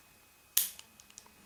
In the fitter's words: that means it's locked together now both your bolts are back together now